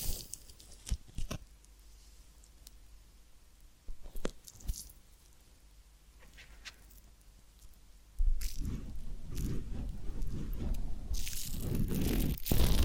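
Ear cleaning: sparse soft clicks and scrapes for eight seconds, then a dense, loud rubbing rustle with crackly crunches until the end.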